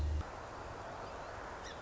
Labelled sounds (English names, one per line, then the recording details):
Song Sparrow
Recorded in Sonoma County, California